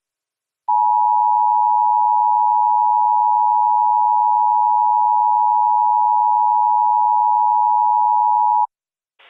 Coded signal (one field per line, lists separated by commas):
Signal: Emergency Alert System (SAME) tones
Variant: 853 and 960 Hz attention tone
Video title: EAS Reenactment Mock: Storm with history of tornadoes near Rockford, IL - 03/28/2020